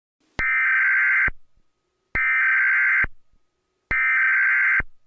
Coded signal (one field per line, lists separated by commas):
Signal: Emergency Alert System (SAME) tones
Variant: header bursts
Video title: The Kinito And Stickman Show: A EAS Scenario Part 1